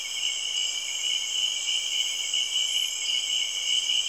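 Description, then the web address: Insect chorus of continuous high, pulsing trills in several layered bands, unbroken throughout. Rainforest, Cameroon, early evening. "Sound Effects Library (Africa- The Natural World) Cameroun- Insects Frogs, early evening, rainforest"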